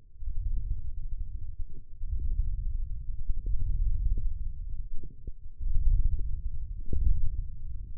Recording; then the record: forearm muscle sounds (acoustic myography)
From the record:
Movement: ulnar deviation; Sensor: system 1, eight BSWA MPA416 microphones around the upper forearm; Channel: 3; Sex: male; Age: 20 years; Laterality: left